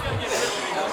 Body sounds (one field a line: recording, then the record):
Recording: coughing mixed with background sound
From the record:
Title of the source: Spring Cold Coughing 2